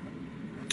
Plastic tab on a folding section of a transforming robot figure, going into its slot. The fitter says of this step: you just want to fold this all the way up until it clicks like that